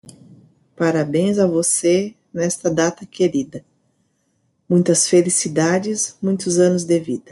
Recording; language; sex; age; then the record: short text; Brazilian Portuguese; female; 40 to 49 years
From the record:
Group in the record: control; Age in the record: 45 years